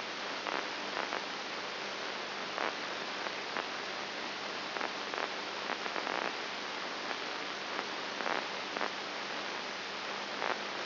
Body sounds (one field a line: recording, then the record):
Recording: brain microelectrode recording played as sound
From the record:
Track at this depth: inside the subthalamic nucleus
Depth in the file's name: 3.901 mm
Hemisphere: right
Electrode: 2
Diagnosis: Parkinson's disease